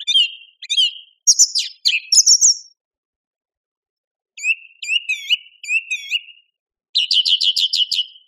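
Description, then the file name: Song thrush song made of high chirped phrases, some notes repeated, followed by a fast repeated trill; quiet pauses between phrases. "suara-kicauan-burung-song-thrush -omkicau"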